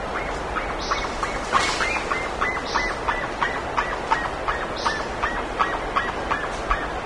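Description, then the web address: Bird calls in a rapid run of short, clipped notes, roughly three per second, with scattered thin high notes above and steady background hiss. "BIRD 2015 SABIOD"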